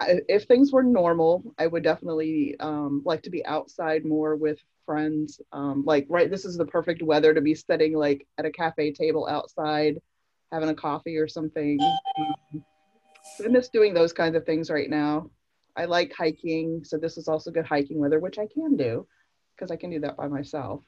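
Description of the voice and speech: An adult woman speaks fluently in a clear, steady voice, with occasional 'um' fillers and brief pauses: ordinary conversational speech.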